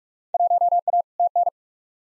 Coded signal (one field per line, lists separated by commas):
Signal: Morse code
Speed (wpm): 43 wpm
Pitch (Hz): 700 Hz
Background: none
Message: 1A TN